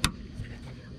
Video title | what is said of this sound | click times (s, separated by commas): Tesla model 3 2021: tuto vérins électriques Frunk | faut bien entendre le clic encore une fois ci c'est pas on l'entend pas il risque d y avoir un défaut d'étanchéité | 0.0 s